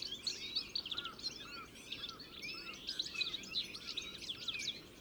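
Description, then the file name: European goldfinch chorus of rapid, tinkling twitters and slurred chirps from several birds at once, steady and continuous over soft background noise. "Carduelis carduelis"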